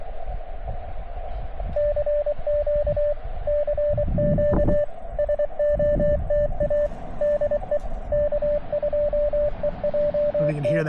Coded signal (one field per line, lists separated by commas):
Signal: Morse code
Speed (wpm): 23 wpm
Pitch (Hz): 590 Hz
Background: speech, radio noise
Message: CQ CQ SOTA DE K2EJT